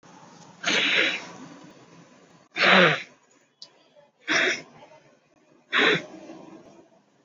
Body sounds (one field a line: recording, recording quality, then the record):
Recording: deep breathing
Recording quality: moderate, slight background noise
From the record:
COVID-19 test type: RT-PCR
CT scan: not taken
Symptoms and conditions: none ticked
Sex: male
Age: 22 years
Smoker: no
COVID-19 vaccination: both doses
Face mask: worn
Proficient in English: yes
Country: India